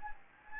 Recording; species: mosquito wingbeat signal from an infrared sensor; Anopheles gambiae